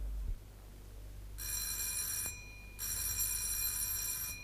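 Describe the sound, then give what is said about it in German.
A doorbell at Dr. Winkel's house rings twice, rung by Martins, with a bright, buzzing electric bell tone, each ring lasting about a second with a short pause between, over a low steady hum and no voices. “Wenig später klingelt Martins bei Dr. Winkel.”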